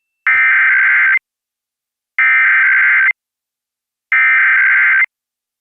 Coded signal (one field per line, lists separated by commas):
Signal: Emergency Alert System (SAME) tones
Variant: header bursts